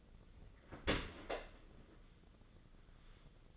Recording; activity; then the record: daily activity, microphone in the room; open dishwasher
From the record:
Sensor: 4